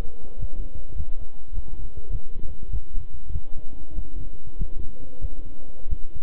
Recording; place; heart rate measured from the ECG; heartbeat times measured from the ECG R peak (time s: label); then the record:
heart sounds by stethoscope; between the tricuspid and mitral areas; 98 bpm
0.38 s: heartbeat
0.95 s: heartbeat
1.52 s: heartbeat
2.09 s: heartbeat
2.69 s: heartbeat
3.31 s: heartbeat
3.93 s: heartbeat
4.56 s: heartbeat
5.19 s: heartbeat
5.88 s: heartbeat
From the record:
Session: walking at 3.7 km/h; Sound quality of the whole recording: good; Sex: male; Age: 26 years